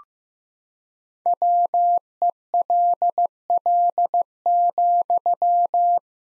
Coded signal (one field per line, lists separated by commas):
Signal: Morse code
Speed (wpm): 15 wpm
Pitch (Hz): 700 Hz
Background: none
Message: WELL,